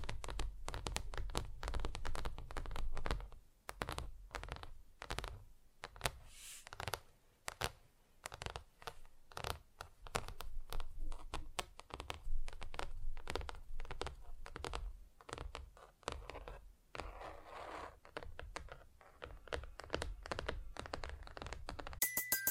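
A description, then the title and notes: Tapping on different surfaces, with no talking: quick, irregular taps in dense clusters throughout, some dull and low, others sharp and bright. A soft scratching texture runs between the taps, and a short tonal ring appears right at the end. ASMR Just Tapping (Different Surfaces No Talking).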